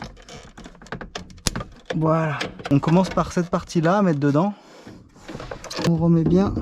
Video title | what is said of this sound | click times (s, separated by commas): REMPLACER LA POMPE À CARBURANT 350z - [TUTO FR] (Facile) | faut bien entendre le clip | 1.2 s, 1.5 s